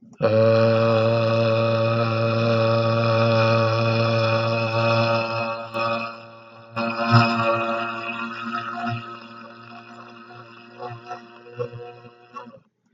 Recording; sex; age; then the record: vowel held as long as possible; male; 50 to 59 years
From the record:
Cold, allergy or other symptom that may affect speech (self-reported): no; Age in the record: 58 years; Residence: Virginia, United States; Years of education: 16